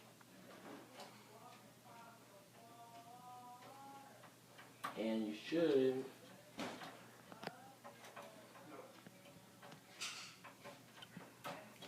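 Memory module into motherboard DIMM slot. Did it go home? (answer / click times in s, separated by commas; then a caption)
no / none. Someone talks while a RAM stick is lined up and pressed toward a desktop motherboard DIMM slot, whose plastic retention clips at each end lock the module in place once it is properly installed. Brief handling taps and scrapes are heard around 4.9, 6.6, 7.4 and 11.0 seconds. The module has not seated and the clips have not clicked yet.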